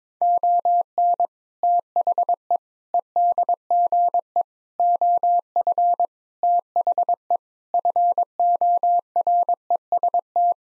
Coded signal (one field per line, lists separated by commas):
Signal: Morse code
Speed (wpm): 22 wpm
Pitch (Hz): 700 Hz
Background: none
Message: ON THE EDGE OF THE FOREST